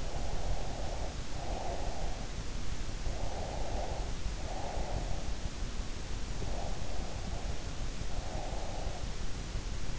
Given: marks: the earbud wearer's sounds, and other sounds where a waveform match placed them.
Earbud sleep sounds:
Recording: sounds in sleep by an in-ear microphone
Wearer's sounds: breath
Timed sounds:
0.00-2.35 s: breath
3.00-5.39 s: breath
6.36-9.14 s: breath

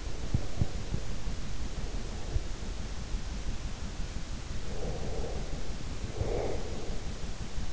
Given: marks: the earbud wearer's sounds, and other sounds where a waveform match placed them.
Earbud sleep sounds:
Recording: sounds in sleep by an in-ear microphone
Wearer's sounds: breath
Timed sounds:
0.00-2.56 s: breath
4.54-7.31 s: breath

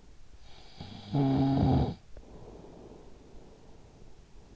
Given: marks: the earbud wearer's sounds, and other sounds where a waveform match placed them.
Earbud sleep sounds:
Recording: sounds in sleep by an in-ear microphone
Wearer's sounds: snoring breath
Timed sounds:
0.37-4.48 s: snoring breath

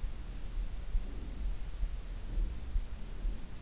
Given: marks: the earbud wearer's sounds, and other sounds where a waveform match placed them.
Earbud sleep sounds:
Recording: sounds in sleep by an in-ear microphone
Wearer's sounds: breath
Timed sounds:
0.11-1.69 s: breath
2.32-3.56 s: breath

